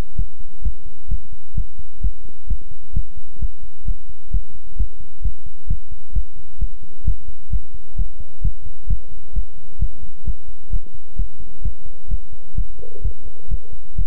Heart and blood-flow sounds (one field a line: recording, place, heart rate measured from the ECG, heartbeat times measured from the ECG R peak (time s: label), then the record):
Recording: heart sounds by stethoscope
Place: between the tricuspid and mitral areas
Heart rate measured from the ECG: 130 bpm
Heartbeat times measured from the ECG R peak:
0.15 s: heartbeat
0.62 s: heartbeat
1.08 s: heartbeat
1.54 s: heartbeat
2.01 s: heartbeat
2.47 s: heartbeat
2.93 s: heartbeat
3.39 s: heartbeat
3.85 s: heartbeat
4.31 s: heartbeat
4.76 s: heartbeat
5.22 s: heartbeat
5.67 s: heartbeat
6.13 s: heartbeat
6.58 s: heartbeat
7.04 s: heartbeat
7.50 s: heartbeat
7.96 s: heartbeat
8.41 s: heartbeat
8.87 s: heartbeat
9.33 s: heartbeat
9.79 s: heartbeat
10.24 s: heartbeat
10.70 s: heartbeat
11.16 s: heartbeat
11.62 s: heartbeat
12.08 s: heartbeat
12.55 s: heartbeat
13.01 s: heartbeat
13.48 s: heartbeat
13.95 s: heartbeat
From the record:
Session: pedaling a stationary bicycle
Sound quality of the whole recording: good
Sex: male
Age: 24 years